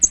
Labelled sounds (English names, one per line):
American Redstart flight call